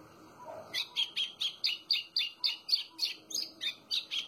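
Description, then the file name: White-throated seedeater repeating crisp, high, slightly buzzy notes about four per second in a steady string, little else audible. "canto do golinho"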